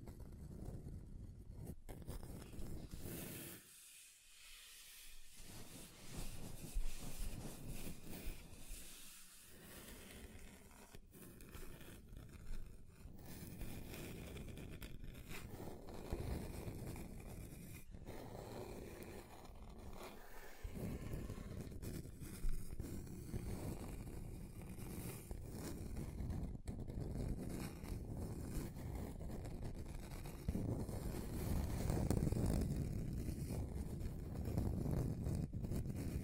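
Scratching and scraping across a tabletop, a dense, rough rasp that runs almost without pause. The texture shifts as the surface changes, with brief gaps near 4 and 9 seconds, a few sharp ticks, and a heavier, lower grinding toward the end.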